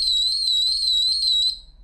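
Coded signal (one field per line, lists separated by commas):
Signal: alarm pattern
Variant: ColorAlti 3 freefall alarm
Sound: a shrill rapid warbling siren around 4 kHz for about 1.5 seconds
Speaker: From 3,000 down to 2500, we got a fast siren.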